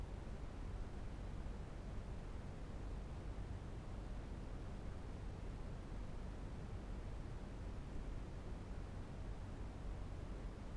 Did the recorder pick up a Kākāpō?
no